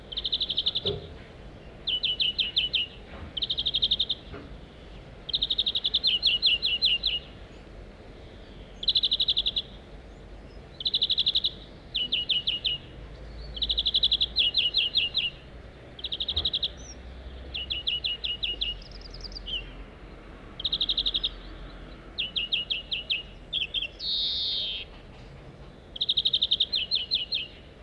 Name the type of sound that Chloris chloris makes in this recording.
call